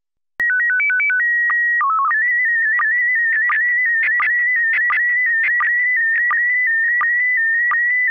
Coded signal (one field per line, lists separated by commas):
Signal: SSTV (slow-scan television)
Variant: PD 90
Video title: Daily Minutes, March 30, 2019. (including Slow Scan Radio of the same date)